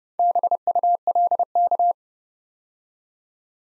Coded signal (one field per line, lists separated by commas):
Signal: Morse code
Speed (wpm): 30 wpm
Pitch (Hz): 700 Hz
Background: none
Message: BULK